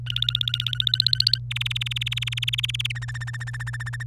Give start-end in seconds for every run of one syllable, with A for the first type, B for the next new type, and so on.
0.07-1.38 A, 1.50-2.92 B, 2.95-4.03 C